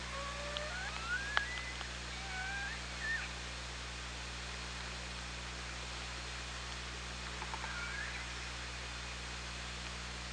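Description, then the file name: Orca: killer whale whistles and tonal calls in the first seconds, rising and flat contours with a sharp click, then faint sweeps later against constant noise and hum. OrcaLab, 24 August 2017, 17:35. "Orca Lab 20170824 173512"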